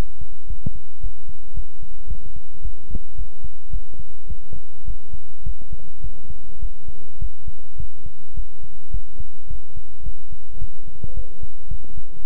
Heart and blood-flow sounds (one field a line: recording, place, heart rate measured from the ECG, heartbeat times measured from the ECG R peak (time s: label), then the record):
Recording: heart sounds by stethoscope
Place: between the tricuspid and mitral areas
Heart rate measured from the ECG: 107 bpm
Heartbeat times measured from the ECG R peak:
0.47 s: heartbeat
1.00 s: heartbeat
1.54 s: heartbeat
2.07 s: heartbeat
2.61 s: heartbeat
3.15 s: heartbeat
3.70 s: heartbeat
4.27 s: heartbeat
4.84 s: heartbeat
5.43 s: heartbeat
6.01 s: heartbeat
6.59 s: heartbeat
7.18 s: heartbeat
7.76 s: heartbeat
8.34 s: heartbeat
8.91 s: heartbeat
9.47 s: heartbeat
10.03 s: heartbeat
10.58 s: heartbeat
11.14 s: heartbeat
11.68 s: heartbeat
12.22 s: heartbeat
From the record:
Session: pedaling a stationary bicycle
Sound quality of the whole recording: good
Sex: male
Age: 24 years